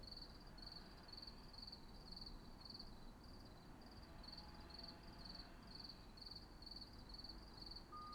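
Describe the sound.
Cricket chirps repeat evenly at a high pitch, with a soft low background drone underneath.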